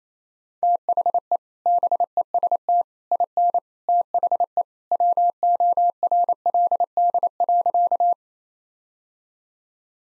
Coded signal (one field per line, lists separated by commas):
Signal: Morse code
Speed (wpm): 28 wpm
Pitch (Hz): 700 Hz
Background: none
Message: THE BEST IN THE WORLD.